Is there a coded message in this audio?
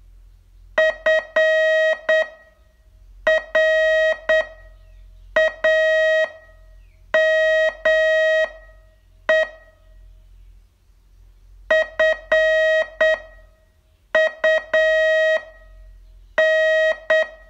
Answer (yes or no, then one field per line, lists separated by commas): yes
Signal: Morse code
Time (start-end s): 0.8-17.2 s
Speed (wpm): 7 wpm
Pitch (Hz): 630 Hz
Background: none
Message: FRAME FUN